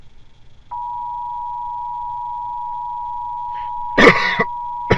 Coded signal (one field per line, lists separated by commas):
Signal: Emergency Alert System (SAME) tones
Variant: 853 and 960 Hz attention tone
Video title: EAS FRIDAYS - Merry Christmas!